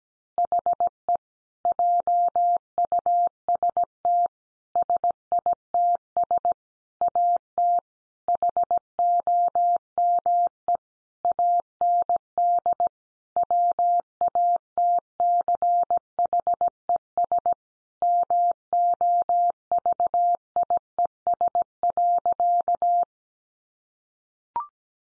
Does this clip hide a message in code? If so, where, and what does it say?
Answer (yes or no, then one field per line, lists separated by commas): yes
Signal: Morse code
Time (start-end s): 0.4-23.0 s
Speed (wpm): 17 wpm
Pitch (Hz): 700 Hz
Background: none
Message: HE JUST SITS AT HOME AND WATCHES MOVIES.